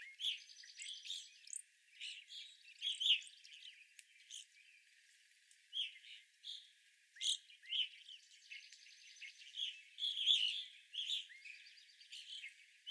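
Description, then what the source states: Evening grosbeak chirps, soft and bright, given in scattered groups between short pauses, mixed with a faint buzzy rattling trill. Several evening grosbeaks recorded on 25 April 2021.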